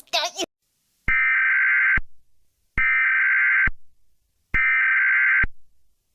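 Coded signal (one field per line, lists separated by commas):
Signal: Emergency Alert System (SAME) tones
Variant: header bursts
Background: speech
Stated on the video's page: Mock (simulated) EAS tornado warning for Texas.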